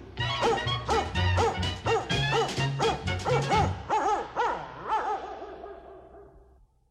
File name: German Shepherd